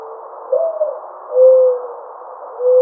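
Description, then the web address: Mourning dove soft cooing, a low wavering note followed by two steady hoots, set against a constant hiss. Recorded on 28 May 2009. "Mourning Dove 2009 05 28"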